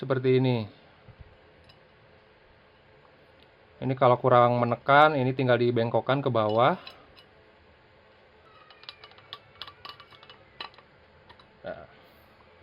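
A substitute ignition pickup coil (pulser) is being fitted into its mount in a motorcycle engine, and its metal retaining tab is bent down with tools to press the pulser firmly. Someone talks early on, then sharp metallic clinks follow from about 8.9 s to 10.6 s, with one more faint clink near 11.7 s. The clip ends just before the part goes home, so nothing has seated or clicked yet.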